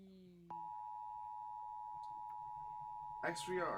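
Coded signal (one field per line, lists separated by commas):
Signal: Emergency Alert System (SAME) tones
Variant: 853 and 960 Hz attention tone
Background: speech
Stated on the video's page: Many EAS alerts captured during a severe weather slight-risk day.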